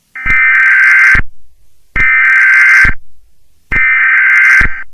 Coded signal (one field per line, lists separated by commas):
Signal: Emergency Alert System (SAME) tones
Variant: header bursts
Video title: USA EAS Alarm Quadparsion 4 (Final)